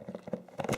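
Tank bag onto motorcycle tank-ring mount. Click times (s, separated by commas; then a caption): 0.6 s. A motorcycle tank bag for a 2016 Triumph Tiger 800 is set onto its tank-ring quick-release mount, producing a few soft, low knocks and rustles. Its plastic latch snaps home with a sharp click at 0.6 s, followed by a quick second tap, and the bag is seated.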